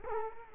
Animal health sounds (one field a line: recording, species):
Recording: mosquito wingbeat signal from an infrared sensor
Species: Culex quinquefasciatus